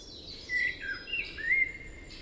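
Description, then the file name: Common blackbird uttering a run of mellow, looping whistled notes that rise and fall, with a soft twitter above and a steady hiss. "Turdus merula"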